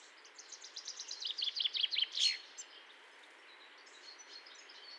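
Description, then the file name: Common chaffinch song, a quick descending trill of bright notes ending in a loud terminal flourish after about two seconds, then faint birdsong. "Fringilla coelebs"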